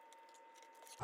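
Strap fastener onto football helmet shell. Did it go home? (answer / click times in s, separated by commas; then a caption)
no / none. A strap fastener is handled and pressed toward its mount on a Riddell Speed Flex football helmet shell, making quiet, faint rattling and light tapping sounds over a low steady background. A louder low-frequency surge comes in right at the very end. Nothing has seated or clicked yet.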